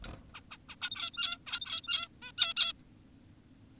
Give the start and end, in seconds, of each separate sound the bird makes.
0.35-0.41, 0.51-0.57, 0.69-0.76, 0.82-1.38, 1.47-2.08, 2.22-2.32, 2.38-2.54, 2.57-2.73